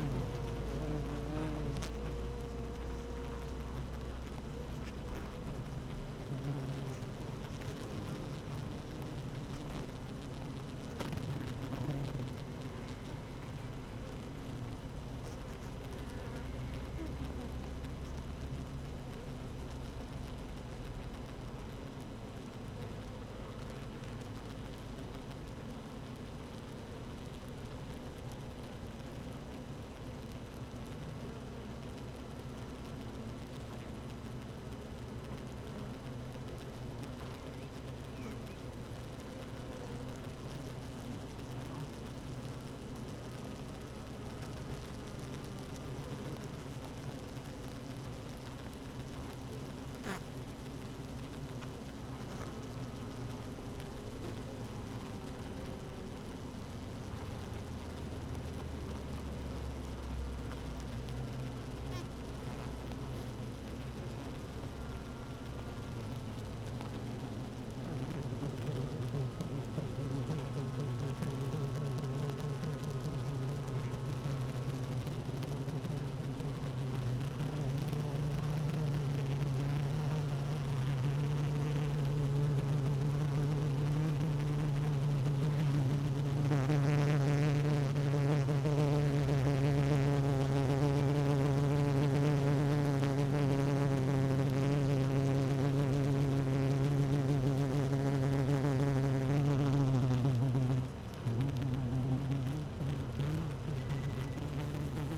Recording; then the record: honeybee colony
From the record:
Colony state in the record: active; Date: 12 June 2018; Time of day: 15:31